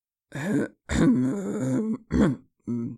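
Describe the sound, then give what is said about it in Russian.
A voice imitates a bear coughing with four gruff, throaty, voiced bursts. The second is the longest, with short silent gaps between them. Fairly loud, with no other talk. “Снова кашлянул несколько раз медведь.”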